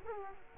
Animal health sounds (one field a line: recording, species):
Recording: mosquito wingbeat signal from an infrared sensor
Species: Culex quinquefasciatus